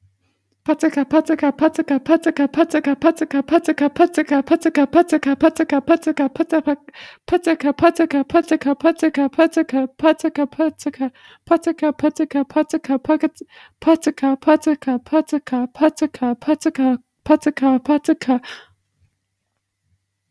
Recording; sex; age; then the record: repeated syllables /pa ta ka/; female; 20 to 29 years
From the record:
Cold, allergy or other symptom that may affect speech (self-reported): no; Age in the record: 20 years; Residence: Alaska, United States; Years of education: 12